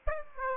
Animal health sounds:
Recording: mosquito wingbeat signal from an infrared sensor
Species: Aedes aegypti

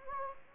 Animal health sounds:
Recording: mosquito wingbeat signal from an infrared sensor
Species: Anopheles gambiae

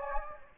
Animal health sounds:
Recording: mosquito wingbeat signal from an infrared sensor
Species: Anopheles gambiae

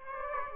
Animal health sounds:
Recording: mosquito wingbeat signal from an infrared sensor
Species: Aedes aegypti

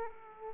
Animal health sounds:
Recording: mosquito wingbeat signal from an infrared sensor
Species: Aedes aegypti

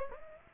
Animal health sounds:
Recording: mosquito wingbeat signal from an infrared sensor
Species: Aedes aegypti

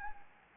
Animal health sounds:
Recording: mosquito wingbeat signal from an infrared sensor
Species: Anopheles gambiae

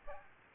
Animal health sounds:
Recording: mosquito wingbeat signal from an infrared sensor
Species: Aedes aegypti

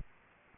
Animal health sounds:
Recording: mosquito wingbeat signal from an infrared sensor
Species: Aedes aegypti

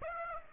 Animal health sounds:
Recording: mosquito wingbeat signal from an infrared sensor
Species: Aedes aegypti

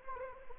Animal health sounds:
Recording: mosquito wingbeat signal from an infrared sensor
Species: Anopheles arabiensis

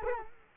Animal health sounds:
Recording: mosquito wingbeat signal from an infrared sensor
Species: Culex quinquefasciatus

